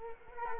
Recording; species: mosquito wingbeat signal from an infrared sensor; Culex quinquefasciatus